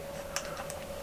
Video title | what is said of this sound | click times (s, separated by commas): Are the NPET HS10's Good For PC Gaming? | so you can hear it you can click it into place | 0.4 s, 0.7 s